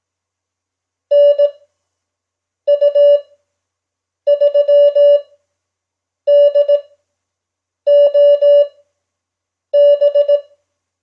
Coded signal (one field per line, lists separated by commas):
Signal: Morse code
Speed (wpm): 18 wpm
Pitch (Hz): 580 Hz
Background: none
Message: NU3DOB